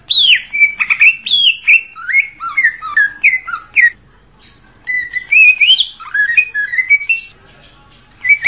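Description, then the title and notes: Leafbird singing clear slurred whistles that drop and rise, mixed with quick chips, with a silent gap partway through before the phrases resume. "Kicau Burung Cucak Ijo Juara. Suara kicauan burung cucak ijo"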